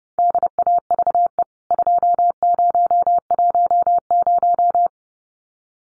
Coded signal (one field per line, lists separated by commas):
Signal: Morse code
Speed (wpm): 28 wpm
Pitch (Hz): 700 Hz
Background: none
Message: DAVE 2010